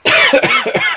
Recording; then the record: coughing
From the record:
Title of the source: Dry Afternoon Cough